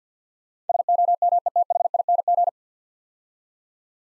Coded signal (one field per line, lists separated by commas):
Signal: Morse code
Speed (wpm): 46 wpm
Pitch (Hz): 700 Hz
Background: none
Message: SOMETHING